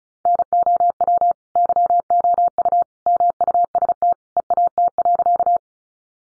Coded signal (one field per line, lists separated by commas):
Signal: Morse code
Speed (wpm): 34 wpm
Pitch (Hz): 700 Hz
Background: none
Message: NOW YOU MUST EAT.